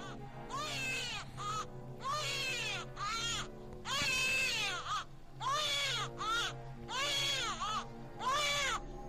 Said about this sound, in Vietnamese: Nghiến răng nghiến lợi bước đi, bất giác ở đằng xa có tiếng khóc của trẻ con. Ở trong đầu tôi hiện lên một ý nghĩ: không lẽ nó là ma?